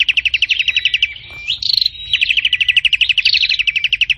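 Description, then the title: Prinia song: rapid repeated chirping notes in a steady trill, broken by brief higher whistled slides. "Burung Prenjak Gacor Parah"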